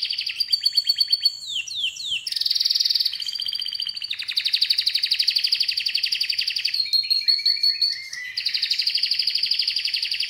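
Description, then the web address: Canary song with rapid rolling trills, brief downslurred notes, and long buzzy rattling tours that change speed and pitch across the phrase. "Golchin Best Canari Seda Canari. Niyaz Music)"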